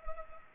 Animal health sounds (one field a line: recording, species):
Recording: mosquito wingbeat signal from an infrared sensor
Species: Culex pipiens